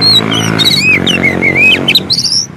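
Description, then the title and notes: Oriental magpie-robin song, a few drawn-out sweeping whistles over a low mechanical rumble. Long-duration filler song (isian) for training kept birds to sing actively day and night. "Kacer Jadi Gacor Siang Malam. Isian Kacer Durasi Panjang"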